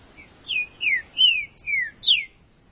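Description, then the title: Green-winged saltator song: five strong whistled notes, each slurring downward, delivered evenly in quick succession. "Trinca Ferro"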